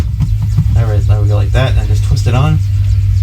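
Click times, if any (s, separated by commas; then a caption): none. A smoke alarm is being lined up with its plastic ceiling mounting base and twisted on while someone talks over a steady low hum. Nothing has clicked or seated yet by the end of the clip.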